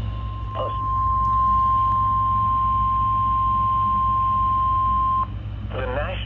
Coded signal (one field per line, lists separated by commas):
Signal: Emergency Alert System (SAME) tones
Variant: 1050 Hz attention tone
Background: speech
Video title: EAS Alerts from the last half of 2022: EAS#366-375